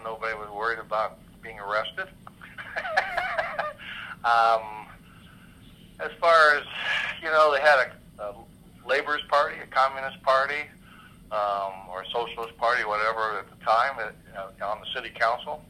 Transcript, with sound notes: Nobody was worried about being arrested. (laughs) As far as, you know, they had a Labor Party, a Communist Party or a Socialist Party or whatever at the time on the city council.